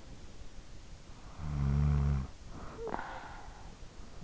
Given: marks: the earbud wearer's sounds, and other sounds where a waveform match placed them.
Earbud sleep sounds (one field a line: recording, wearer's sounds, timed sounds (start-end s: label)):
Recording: sounds in sleep by an in-ear microphone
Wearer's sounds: snoring breath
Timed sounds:
0.94-4.05 s: snoring breath